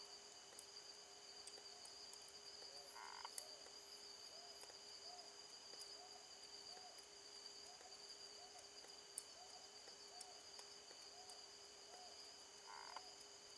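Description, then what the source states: Frog calling with short, soft, mid-pitched notes repeated steadily over steady high background tones, with two brief louder bursts. Recorded on 16 March 2021.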